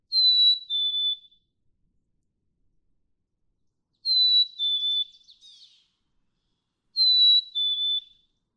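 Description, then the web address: Black-capped chickadee song: pure whistled pairs of notes dropping slightly in pitch, three phrases spaced several seconds apart, one followed by a short burst of soft chattering. "birdsongforthecurious Black-capped Chickadee"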